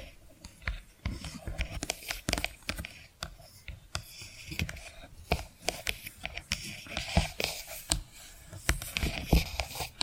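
Tapping and scratching sounds run without pause, with sharp taps falling several times a second at an uneven pace. Between the taps come rough, bright scraping strokes, and the whole stays busy and fairly steady in loudness from start to finish.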